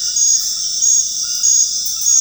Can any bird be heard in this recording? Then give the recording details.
no. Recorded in dense forest near Puerto Asís, Putumayo, Colombia, on 19 February 2024 at 23:30. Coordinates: 0.485, -76.325. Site G6429